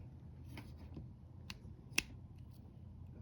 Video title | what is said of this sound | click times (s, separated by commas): Orient Power 6500 Watt Solar Off Grid Solar Inverter—Just in Time! | I don't know if you heard it snap. I heard the snap | 2.0 s